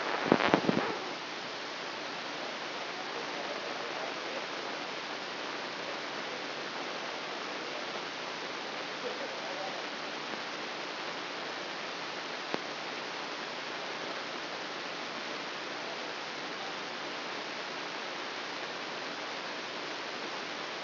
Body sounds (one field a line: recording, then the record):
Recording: brain microelectrode recording played as sound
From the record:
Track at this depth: inside the subthalamic nucleus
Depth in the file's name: 3.508 mm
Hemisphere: left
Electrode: 2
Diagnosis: Parkinson's disease